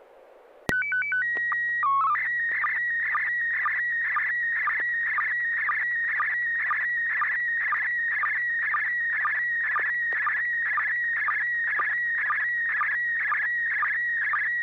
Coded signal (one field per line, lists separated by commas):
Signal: SSTV (slow-scan television)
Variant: PD 120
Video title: N6NA SSTV Net - 10/16/2024